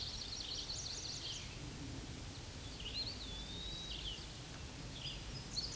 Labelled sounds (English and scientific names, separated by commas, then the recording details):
Hooded Warbler (Setophaga citrina) song
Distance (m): 10 m
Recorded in a Pennsylvania forest on 18 May 2023 at 09:24
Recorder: AudioMoth, point grid1_12_low
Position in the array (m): 188 m, 113 m